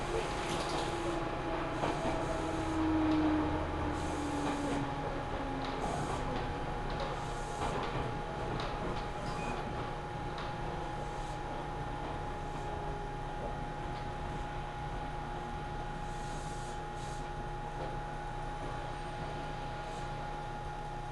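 Riding aboard an Ohmi Railway train on the Minakuchi–Gamōno Line toward Kibukawa. A steady motor whine and low rumble run throughout, with a droning tone that glides briefly early on and scattered clicks and rattles from the wheels and car body.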